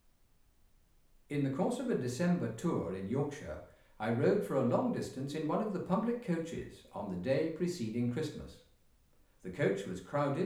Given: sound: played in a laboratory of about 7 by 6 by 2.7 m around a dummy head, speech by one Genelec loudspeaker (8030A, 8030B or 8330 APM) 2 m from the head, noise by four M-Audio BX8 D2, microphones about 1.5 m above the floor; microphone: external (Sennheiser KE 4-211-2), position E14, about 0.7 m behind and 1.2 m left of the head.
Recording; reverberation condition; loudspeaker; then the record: male speech in English; medium; 60 degrees to the left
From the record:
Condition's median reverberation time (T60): about 510 ms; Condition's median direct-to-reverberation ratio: about -0.5 dB